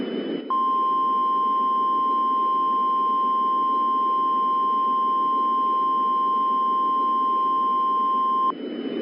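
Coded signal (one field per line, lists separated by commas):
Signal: Emergency Alert System (SAME) tones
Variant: 1050 Hz attention tone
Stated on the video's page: Fictional mock EAS scenario about an eruption, using valid EAS tones.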